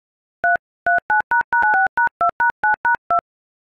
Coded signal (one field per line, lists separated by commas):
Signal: DTMF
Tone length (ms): 130 ms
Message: 339##96#2#9#2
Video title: Iphone IOS ring tone on dial pad.